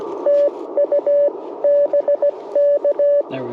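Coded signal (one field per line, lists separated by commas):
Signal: Morse code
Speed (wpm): 20 wpm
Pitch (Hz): 590 Hz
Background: radio noise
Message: TU BK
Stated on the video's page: QRP CW Parks on the Air activation in light precipitation, Icom IC-705, Gabil GRA-7350T antenna, Modern Morse Nameless key.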